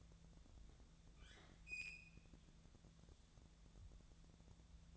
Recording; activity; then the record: daily activity, microphone in the room; open fridge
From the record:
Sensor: 3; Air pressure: 1000.1 hPa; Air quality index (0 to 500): 133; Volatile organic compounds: 2 ppm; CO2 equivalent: 1186 ppm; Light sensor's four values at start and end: 42/107/45/50 and 42/107/45/50